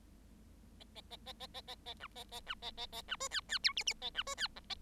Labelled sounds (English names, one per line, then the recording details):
Bengalese Finch song
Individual Bird7